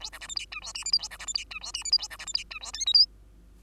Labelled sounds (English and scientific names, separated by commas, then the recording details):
Bengalese Finch (Lonchura striata domestica) song
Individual Bird2